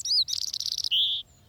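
European Robin singing: a high, thin whistled note, then a quick, rapid trill, then a sustained, slightly sweeping note.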